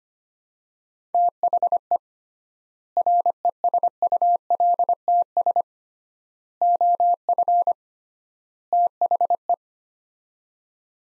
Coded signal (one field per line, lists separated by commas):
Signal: Morse code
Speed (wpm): 25 wpm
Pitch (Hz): 700 Hz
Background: none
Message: THE RESULTS OF THE